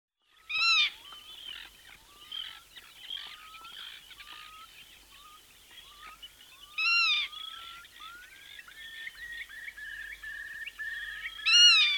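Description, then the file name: Black-tailed godwit calls: three loud, nasal, harmonic-rich cries spread throughout, over many short rising whistles and chatter. "British Library - Black-tailed Godwit"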